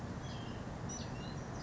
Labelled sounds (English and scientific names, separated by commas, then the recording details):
White-breasted Nuthatch (Sitta carolinensis)
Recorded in Sonoma County, California